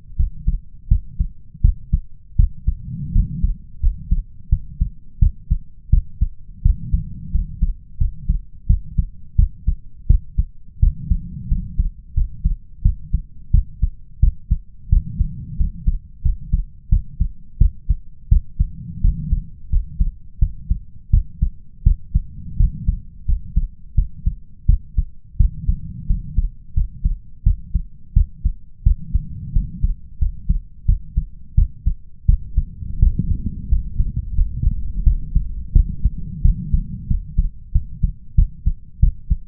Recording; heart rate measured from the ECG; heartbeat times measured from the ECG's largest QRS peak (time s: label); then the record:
heart sounds by stethoscope; 87 bpm
0.16 s: heartbeat
0.88 s: heartbeat
1.61 s: heartbeat
2.36 s: heartbeat
3.12 s: heartbeat
3.80 s: heartbeat
4.49 s: heartbeat
5.19 s: heartbeat
5.89 s: heartbeat
6.62 s: heartbeat
7.31 s: heartbeat
7.97 s: heartbeat
8.66 s: heartbeat
9.35 s: heartbeat
10.06 s: heartbeat
10.79 s: heartbeat
11.48 s: heartbeat
12.14 s: heartbeat
12.82 s: heartbeat
13.51 s: heartbeat
14.19 s: heartbeat
14.89 s: heartbeat
15.56 s: heartbeat
16.22 s: heartbeat
16.89 s: heartbeat
17.58 s: heartbeat
18.28 s: heartbeat
19.01 s: heartbeat
19.69 s: heartbeat
20.39 s: heartbeat
21.10 s: heartbeat
21.83 s: heartbeat
22.56 s: heartbeat
23.25 s: heartbeat
23.94 s: heartbeat
24.66 s: heartbeat
25.37 s: heartbeat
26.06 s: heartbeat
26.73 s: heartbeat
27.43 s: heartbeat
28.13 s: heartbeat
28.83 s: heartbeat
29.52 s: heartbeat
30.18 s: heartbeat
30.85 s: heartbeat
31.54 s: heartbeat
32.25 s: heartbeat
32.99 s: heartbeat
33.68 s: heartbeat
34.34 s: heartbeat
35.03 s: heartbeat
35.72 s: heartbeat
36.41 s: heartbeat
37.07 s: heartbeat
37.72 s: heartbeat
38.35 s: heartbeat
38.99 s: heartbeat
From the record:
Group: healthy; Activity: rest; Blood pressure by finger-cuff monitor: 117/81 mmHg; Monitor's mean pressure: 92 mmHg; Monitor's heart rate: 86 bpm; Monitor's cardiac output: 6.5 L/min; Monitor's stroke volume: 75 mL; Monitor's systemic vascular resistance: 1040 dyn s/cm5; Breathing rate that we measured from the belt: 16 breaths a minute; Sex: male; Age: 21 years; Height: 180 cm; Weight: 67.5 kg